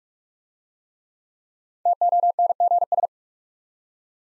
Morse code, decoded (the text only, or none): TONGS